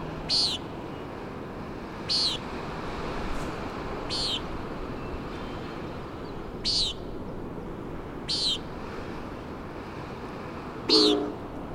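Common Nighthawk calling a nasal, buzzy peent six times at uneven intervals of about two seconds against a backdrop of wind and surf.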